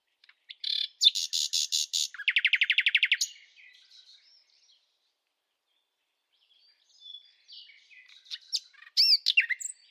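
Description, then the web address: Bird singing fast buzzy trills for a few seconds, a quiet pause, then scattered high chirps and sweeping notes near the end. "Bird Only"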